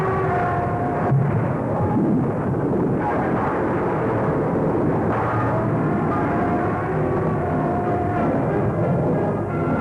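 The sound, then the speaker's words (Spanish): Artillery guns pound away in a dense, unbroken barrage, deep booms blurring into a heavy continuous rumble with a few sharper blasts standing out, loud throughout and with no voices. “Sí, señor, está en zona de disparo.”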